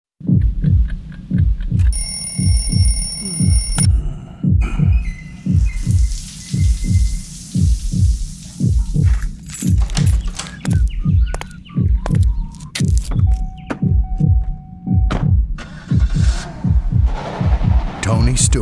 Heartbeat.